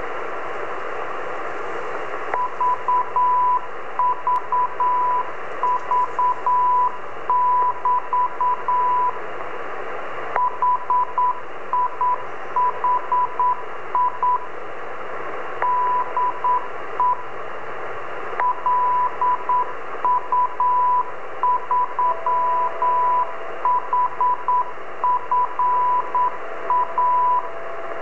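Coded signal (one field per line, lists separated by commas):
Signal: Morse code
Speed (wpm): 9 wpm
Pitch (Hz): 990 Hz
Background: radio noise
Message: VVV <BT> HIHI DE LU3HFA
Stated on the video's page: Amateur radio beacon in Argentina received on the HF 10 meter band in Brazil; a second signal, probably a pirate fishing buoy, is also heard.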